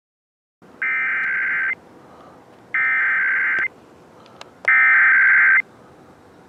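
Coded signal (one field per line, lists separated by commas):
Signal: Emergency Alert System (SAME) tones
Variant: header bursts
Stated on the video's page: Statewide required monthly test EAS tones.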